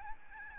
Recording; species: mosquito wingbeat signal from an infrared sensor; Aedes albopictus